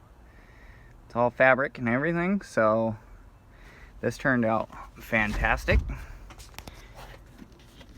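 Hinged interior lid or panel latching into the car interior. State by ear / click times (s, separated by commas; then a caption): seated / 6.6 s. Someone talks as a custom fabric-covered interior lid in a Subaru-swapped VW Ghia is lowered and pushed down, and a sharp click at 6.6 s marks it latching into place so it doesn't move.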